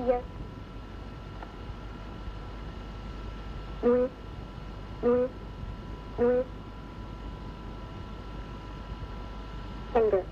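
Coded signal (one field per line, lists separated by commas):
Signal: numbers station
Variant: G07 German Lady, German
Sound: woman's voice slowly reading German digits, well spaced, ending with "Ende"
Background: radio static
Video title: Zahlensender/Number Station "G07" ("German Lady 000 000") (Russian intelligence) (1970s - 2011)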